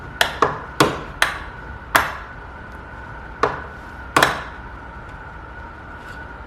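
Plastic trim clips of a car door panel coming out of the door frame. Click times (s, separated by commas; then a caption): 0.2 s, 0.8 s, 1.2 s, 2.0 s. The interior door trim panel of an F80 M3 is pried off the door to replace the factory speakers with a Bavsound Stage 1 kit, and its plastic retaining clips pop out of the door frame one after another. Sharp, loud pops land at about 0.2, 0.8, 1.2 and 2.0 seconds, with a few more snaps later in the clip. The clips release and the panel comes loose.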